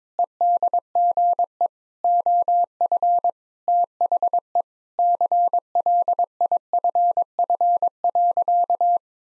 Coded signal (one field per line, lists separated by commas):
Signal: Morse code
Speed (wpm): 22 wpm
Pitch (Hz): 700 Hz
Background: none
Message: EDGE OF THE CLIFF.